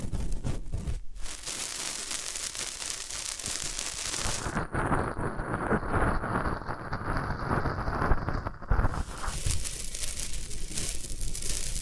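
Floral foam being pressed and crumbled, giving a dense, steady crackling and crunching that fills the whole clip. Brief pauses come near one second and again near four and a half and eight and a half seconds, after which the gritty texture resumes.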